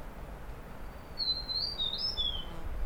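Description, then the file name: Huet's fulvetta song: a short run of clear, high whistled notes wavering up and down, about a second and a half long, over steady low background rumble. Song recorded at Dai Yun Shan, Fujian, China, on 8 May 2012. "Huets Fulvetta Song 120508 Fujian Dai Yun Shan"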